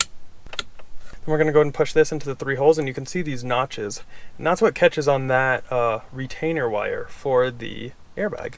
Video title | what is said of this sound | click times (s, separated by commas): Carbon Fiber Tesla Model Y Steering Wheel! Self Install Walkthrough | steering wheel control buttons back in for a satisfying snap | 0.0 s